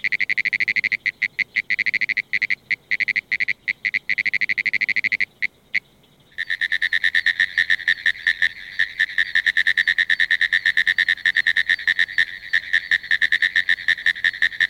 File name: pinewoods treefrog